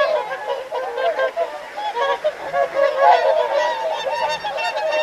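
Whooper swans calling together in a dense chorus of bugling, nasal honks that overlap almost continuously.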